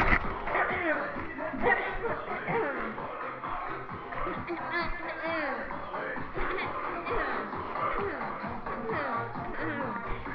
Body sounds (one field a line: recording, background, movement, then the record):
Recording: throat clearing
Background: music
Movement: walking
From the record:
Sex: female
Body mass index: 18.3 kg/m2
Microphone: on the chest, facing the body